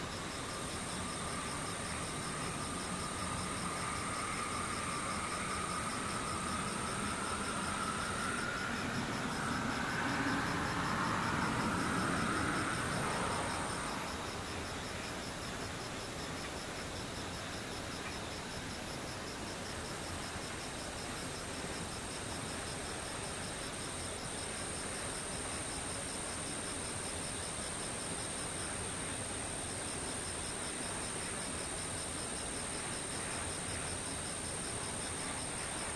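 Insects keep up a steady, thin high whine throughout, with a couple of continuous shrill tones layered over a dense hiss. In the first fourteen seconds a vehicle passes with a rising drone, loudest around ten to thirteen seconds, then fades away.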